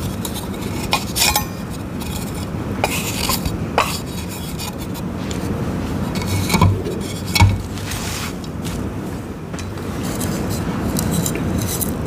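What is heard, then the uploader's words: Chalk is shaved and scraped in dense, gritty strokes with bright crackly bursts, sharp crunchy snaps near six-and-a-half and seven-and-a-half seconds. Shaving dyed gym chalk covered in glitter, making gym chalk thins sandwich, and crushing gym chalk shards.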